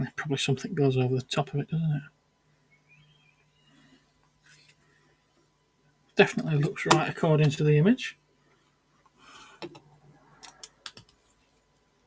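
Someone talks while a plastic part of a Gundam Destroy model kit is handled and lined up with the kit assembly. Light handling taps and clicks follow between about 9.6 and 11.0 seconds. Nothing has seated or clicked into place yet.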